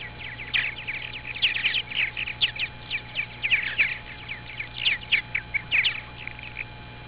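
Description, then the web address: Bird calls: a busy run of short, sharp chirps and tweets at irregular intervals over several seconds, with a steady faint hum underneath. "Sound FX Collection birds"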